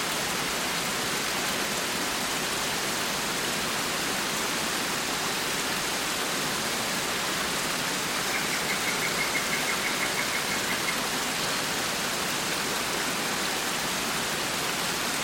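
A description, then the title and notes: A waterfall pours in a steady, dense roar that stays unchanged for the whole recording. The hiss is full and bright, with little low rumble underneath. Around the middle, a faint high chirping, perhaps a bird, rises briefly above the rush. Under the Waterfall. Birds sing in the distance.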